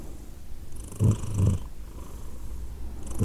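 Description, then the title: Cat purring, a low rumbling hum with two louder pulses near the middle and another swelling at the end. Cat named Edith purring, recorded in Glasgow, Scotland, in December 2023. "Edith purring, Glasgow, Scotland in December 2023 – by Steve Urquhart"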